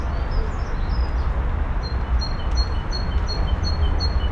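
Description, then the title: Birds sing in thin, high chirped notes, a brief twittering start then a steady run of evenly spaced chirps, with a low rumble throughout. Recorded in the Kruidtuin (Botanique) garden, Koningsstraat 236, Sint-Joost-ten-Node, Brussels, Belgium; recordists hid themselves to listen to the birds. "Kruidtuin, Koningsstraat 236, 1210 Sint-Joost-ten-Node, België - Birds in Botanique"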